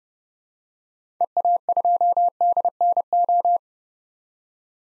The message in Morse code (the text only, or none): EA2DNO